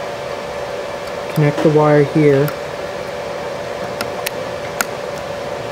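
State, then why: Seated. A small WWAN antenna coax plug is pressed down onto its connector on the wireless card inside a rugged Panasonic Toughbook CF-30 laptop. Someone talks over a steady hum, followed by a few small taps. The plug clicks into place at 4.8 s.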